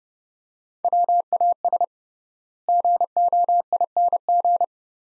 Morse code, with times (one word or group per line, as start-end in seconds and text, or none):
0.8-1.8 WAS
2.7-4.6 GOING